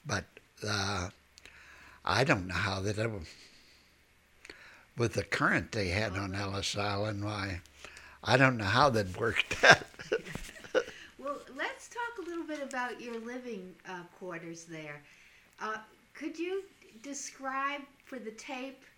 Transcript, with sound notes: but I don't know how, with the current that they had on Ellis Island, why, I don't know how that worked. ( he laughs )
Well, lets talk a little bit about your living quarters there. Could you describe for the tape